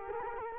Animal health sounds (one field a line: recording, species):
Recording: mosquito wingbeat signal from an infrared sensor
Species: Culex quinquefasciatus